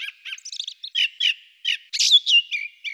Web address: Turdus torquatus